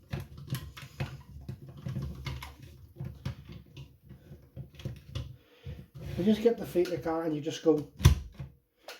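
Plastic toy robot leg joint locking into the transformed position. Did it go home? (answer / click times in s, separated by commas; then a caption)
yes / 8.9 s. Someone talks while moving the plastic feet and legs of a Mighty Morphin Power Rangers Season 3 zord toy into position during its transformation, with small plastic taps along the way. At 8.9 s the leg joint clicks into place, locking into the transformed position as the sign that the toy is ready for Megazord mode.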